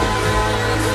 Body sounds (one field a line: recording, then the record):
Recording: coughing mixed with background sound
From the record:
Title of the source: female coughing - coughing sound effects girl